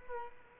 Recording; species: mosquito wingbeat signal from an infrared sensor; Culex quinquefasciatus